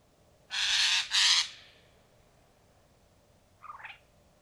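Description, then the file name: Eurasian jay giving two loud, harsh, rasping screeches in quick succession, followed after a pause by a faint short rising note. "Garrulus glandarius"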